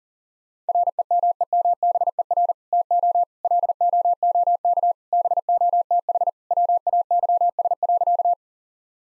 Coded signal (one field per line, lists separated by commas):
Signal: Morse code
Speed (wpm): 40 wpm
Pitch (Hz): 700 Hz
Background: none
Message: REMEMBER TO LOOK BOTH WAYS.